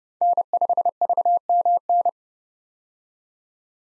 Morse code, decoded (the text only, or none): N5VMN